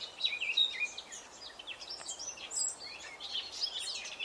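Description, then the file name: Eurasian blackcap singing: quick high chirps and short warbled notes over a steady hiss of background noise. "Sylvia atricapilla"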